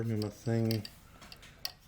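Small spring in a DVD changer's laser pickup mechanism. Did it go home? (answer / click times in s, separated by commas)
yes / 1.7 s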